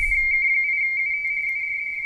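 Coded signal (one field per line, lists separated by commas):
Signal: RTTY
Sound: rapid warbling between two close high tones, a steady burbling teleprinter chatter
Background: radio static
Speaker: and he responds with a signal report and a serial number.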